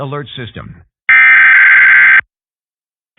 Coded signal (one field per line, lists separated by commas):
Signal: Emergency Alert System (SAME) tones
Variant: header bursts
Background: speech